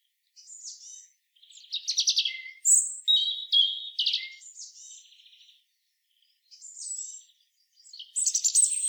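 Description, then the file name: European robin singing almost continuously: a run of varied high phrases with thin whistles, scratchy trills and liquid warbles, separated by brief pauses. "Erithacus rubecula"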